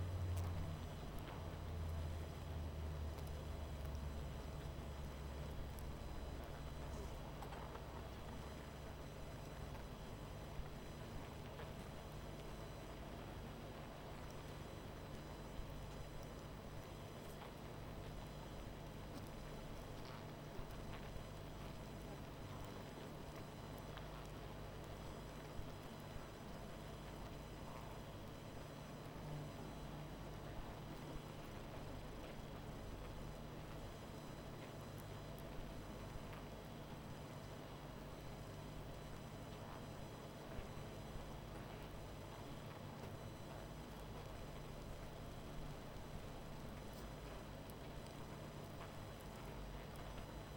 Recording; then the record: honeybee colony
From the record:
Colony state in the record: missing queen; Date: 14 July 2017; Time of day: 20:32